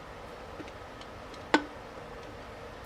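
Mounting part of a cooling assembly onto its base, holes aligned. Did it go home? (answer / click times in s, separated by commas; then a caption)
yes / 1.5 s. A mounting part of a cooling assembly is lined up so its holes align with its base, then pressed down. Against a low steady background, a single sharp pop sounds at 1.5 s as it seats into place, with only faint ticks elsewhere. The part is seated.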